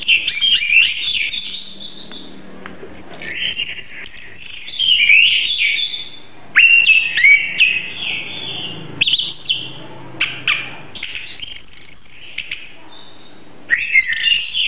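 Oriental magpie-robin song, a long sequence of varied whistles, slurred notes and brief chatters separated by gaps.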